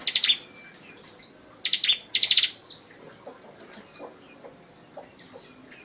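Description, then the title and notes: Bar-winged prinia song: clusters of rapid high chirps mixed with thin downward-slurred whistles, delivered in irregular short phrases. Ciblek song, used as training material for White-rumped shama (murai batu). "Ciblek Ngebren Untuk Masteran Murai Batu. Suara burung ciblek"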